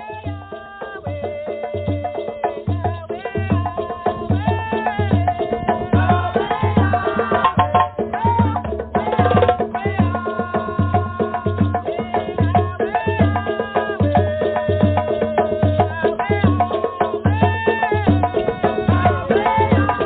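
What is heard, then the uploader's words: Drumming with a steady, regular beat: low thumps land about twice a second throughout. Above them, busy melodic tones and held notes shift constantly, while the overall loudness stays fairly even and the sound has a dull, muffled top. Drumming.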